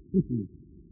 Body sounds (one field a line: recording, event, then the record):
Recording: neck accelerometer signal played as sound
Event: no cough (speech, laughter, throat clearing or background)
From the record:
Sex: female